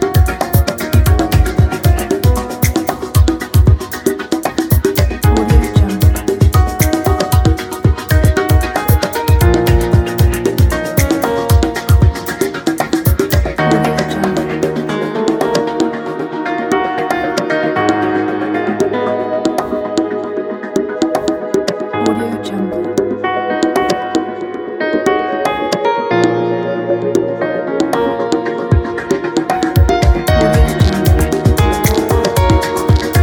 The soft sounds of the piano, a blizzard in the background and percussion